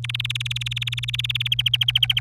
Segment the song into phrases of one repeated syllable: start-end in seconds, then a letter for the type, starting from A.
0.04-1.48 A, 1.52-2.21 B